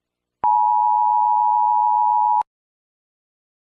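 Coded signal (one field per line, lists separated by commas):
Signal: Emergency Alert System (SAME) tones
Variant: 853 and 960 Hz attention tone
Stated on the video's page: A fictional alert scenario.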